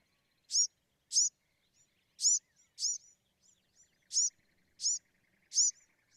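Bewick's wren: loud, sharp, arched high chips repeated at uneven intervals, with faint softer notes between.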